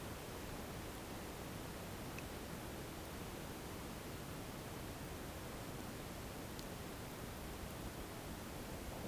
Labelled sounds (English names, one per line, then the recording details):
none
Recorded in pastures near Puerto Asís, Putumayo, Colombia, on 21 March 2025 at 12:00
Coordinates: 0.486, -76.323
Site G075